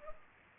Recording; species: mosquito wingbeat signal from an infrared sensor; Culex pipiens